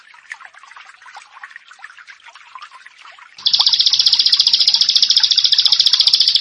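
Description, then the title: Prinia song: soft scattered chirps at first, then a sudden loud, rapid, buzzy high trill that carries on to the end. "Ciblek Sawah"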